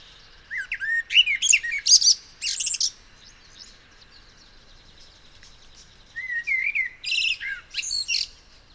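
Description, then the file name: Common blackbird song: two phrases, each opening with low fluted whistles and ending in a high, squeaky twitter, separated by a few seconds of quiet. "Turdus merula"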